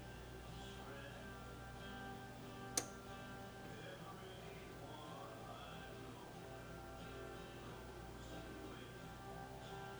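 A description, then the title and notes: A steady low hum runs through a kitchen where a frozen pizza is cooking, with an even background drone and faint tones drifting up and down. Near the three-second mark a single sharp click cuts through, and otherwise the sound stays constant. Cooking a Frozen Pizza. Cooks a frozen pizza (amongst other background activity).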